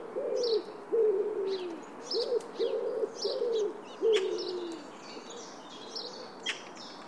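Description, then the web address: Bird calls: low, hoarse cooing phrases repeated over the first five seconds, then fading, with thin high chirps above. "Bird Only"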